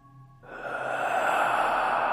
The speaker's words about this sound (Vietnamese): Bỗng nhiên ông hít một hơi rất sâu, rồi thở đánh phà ra một tiếng, nghe rõ lắm.